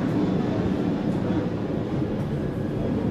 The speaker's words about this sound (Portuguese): Esperar o avião passar? Sim. Aqui tem muito.